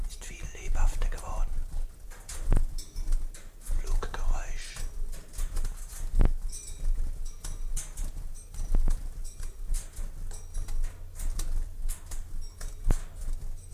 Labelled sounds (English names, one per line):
Common Chiffchaff song